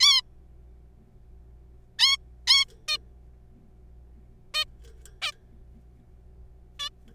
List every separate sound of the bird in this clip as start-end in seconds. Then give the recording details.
0.01-0.22, 1.99-2.17, 2.47-2.65, 2.88-2.97, 4.54-4.64, 5.22-5.32, 6.79-6.89. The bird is a juvenile. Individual R3428